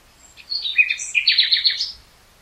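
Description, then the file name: Common nightingale song: one rich phrase of fast varied chirps and whistles, running into a loud, rapid rattling sequence. "Luscinia megarhynchos"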